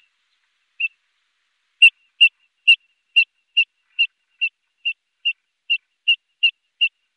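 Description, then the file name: Eurasian dotterel calling: short, clear whistled notes, one alone and then a steady series of about thirteen, each roughly 0.4 seconds apart, in otherwise quiet surroundings. "Fjallpipare"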